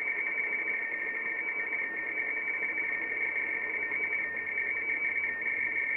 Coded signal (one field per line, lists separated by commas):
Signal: RTTY